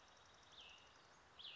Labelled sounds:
Cassin's Vireo (Vireo cassinii)
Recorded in Sonoma County, California

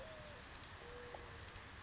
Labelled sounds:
Mourning Dove (Zenaida macroura)
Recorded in Sonoma County, California

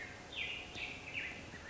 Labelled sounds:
Black-headed Grosbeak (Pheucticus melanocephalus)
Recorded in Sonoma County, California

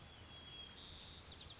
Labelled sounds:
White-crowned Sparrow (Zonotrichia leucophrys)
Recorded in Sonoma County, California

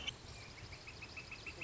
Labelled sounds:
Northern Flicker (Colaptes auratus)
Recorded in Sonoma County, California

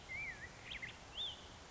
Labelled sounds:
Black-headed Grosbeak (Pheucticus melanocephalus)
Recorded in Sonoma County, California

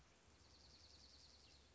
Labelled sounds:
Dark-eyed Junco (Junco hyemalis)
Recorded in Sonoma County, California

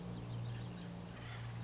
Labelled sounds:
Acorn Woodpecker (Melanerpes formicivorus)
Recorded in Sonoma County, California

